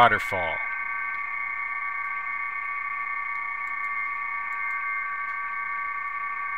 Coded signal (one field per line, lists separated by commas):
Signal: PSK31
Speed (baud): 31.25 baud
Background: speech, radio noise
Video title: HamScope vs DigiPan